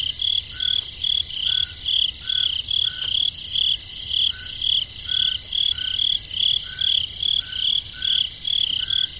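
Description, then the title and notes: Steady chorus of crickets, continuous high trilling and pulsed chirps, with a lower chirp recurring roughly once a second throughout. Crickets in the forest at night. "Peaceful Cricket Sounds at Night - Calming Sounds of Nature. relaxing crickets in the forest at night. Sleep and Relaxation Podcast"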